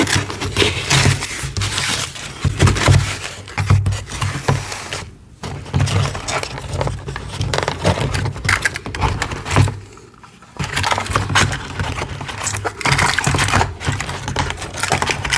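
Brittle shells and powdery chalk are crushed in dense, crackling bursts, with rapid clicks and crunches layered over a steady low thump. The crumbling runs almost continuously, broken by brief near-silent pauses around five and ten seconds before resuming just as busy.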